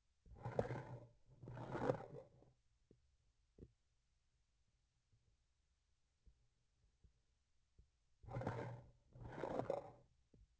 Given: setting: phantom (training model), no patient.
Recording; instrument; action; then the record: laparoscopic instrument, vibration sensor on the handle end; grasping forceps; approaching and retracting movements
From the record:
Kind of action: spatial motion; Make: other than Olympus